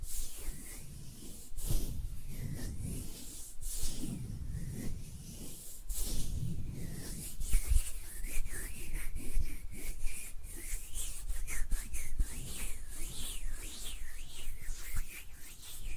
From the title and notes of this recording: ASMR Relaxing Hand Sounds (No Talking).